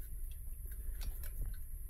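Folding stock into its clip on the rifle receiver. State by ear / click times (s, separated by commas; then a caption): not seated / none. The metal folding stock of a CYMA AK74u CM035A airsoft AK-style rifle is swung over with its release button toward its clip on the receiver. Light handling ticks and taps are heard, the sharpest brief tick at about 1.2 s. Nothing has seated or clicked yet: the stock is still short of latching into its locked position when the clip ends.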